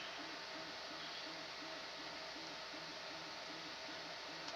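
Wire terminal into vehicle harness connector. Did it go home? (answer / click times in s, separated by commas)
no / none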